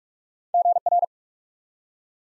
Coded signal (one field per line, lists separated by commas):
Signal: Morse code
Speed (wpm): 44 wpm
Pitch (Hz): 700 Hz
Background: none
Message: GR